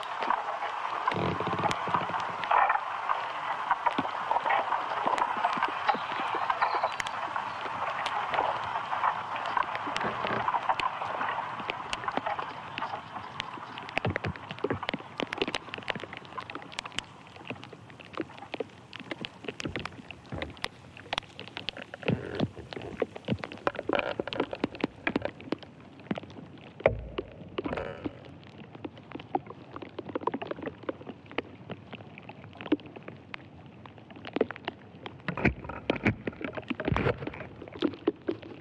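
Sounds from inside an ash tree: a dense crackle of tiny clicks and ticks runs the whole way through. For the first fifteen seconds a steady mid-pitched hiss sits beneath them, then fades, leaving sparser, sharper taps with occasional louder knocks.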